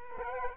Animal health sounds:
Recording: mosquito wingbeat signal from an infrared sensor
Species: Culex quinquefasciatus

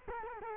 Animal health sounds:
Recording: mosquito wingbeat signal from an infrared sensor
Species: Culex quinquefasciatus

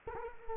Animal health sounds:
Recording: mosquito wingbeat signal from an infrared sensor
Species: Culex quinquefasciatus

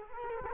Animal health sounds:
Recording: mosquito wingbeat signal from an infrared sensor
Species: Culex quinquefasciatus

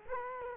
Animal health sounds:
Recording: mosquito wingbeat signal from an infrared sensor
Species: Culex quinquefasciatus

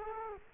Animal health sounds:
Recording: mosquito wingbeat signal from an infrared sensor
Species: Culex quinquefasciatus

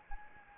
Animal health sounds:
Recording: mosquito wingbeat signal from an infrared sensor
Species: Anopheles gambiae

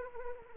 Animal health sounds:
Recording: mosquito wingbeat signal from an infrared sensor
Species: Anopheles arabiensis

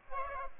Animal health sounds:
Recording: mosquito wingbeat signal from an infrared sensor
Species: Aedes aegypti

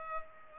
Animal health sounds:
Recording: mosquito wingbeat signal from an infrared sensor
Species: Culex pipiens

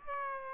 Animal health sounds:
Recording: mosquito wingbeat signal from an infrared sensor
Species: Aedes aegypti

